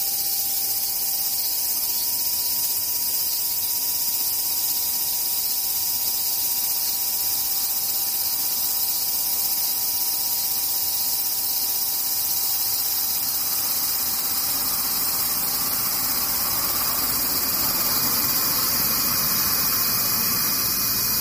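Cicadas drone without a break, a dense, high, hissing buzz that holds steady for the whole stretch. A few faint, even hums sit beneath it for the first two-thirds, and from around the thirteenth second a softer, rougher rush fills in the middle range.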